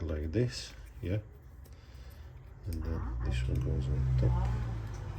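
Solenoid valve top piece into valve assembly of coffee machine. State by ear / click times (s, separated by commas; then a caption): not seated / none. Someone talks while handling the top piece of the solenoid valve assembly inside a Sage Breville espresso machine, positioning it to go on top of the valve assembly. Only light handling noises are heard under the speech, and nothing has seated or clicked into place yet.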